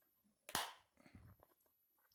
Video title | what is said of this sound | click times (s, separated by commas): Constructing a Tin Cover or Pot Lid (Narrated) | think i find that one section that isn't quite in as soon as it snaps | 0.5 s, 0.6 s